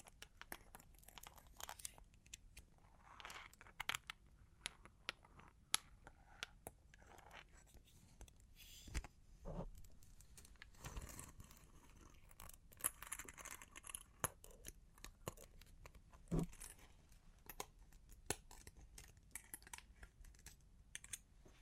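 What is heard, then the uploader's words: Long claws tap and scratch in a busy, irregular stream of sharp clicks and brief scrapes, with no steady rhythm. Bright ticks cluster densely throughout, with a few louder strikes near 9, 11 and 16 seconds, over a faint low rumble. Long Claws Tapping and Scratching (No Talking).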